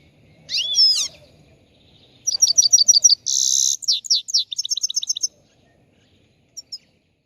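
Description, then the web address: Chegolín song: a slurred whistled note, then repeated high chirps, a rasping crackle, a run of descending notes and more chirps, ending with two soft notes. Morning song, recorded on the roof of a house. "el canto matutino del chegolin en el tejado de casa"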